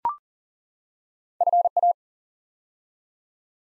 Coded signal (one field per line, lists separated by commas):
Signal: Morse code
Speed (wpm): 40 wpm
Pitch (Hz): 700 Hz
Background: none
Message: FA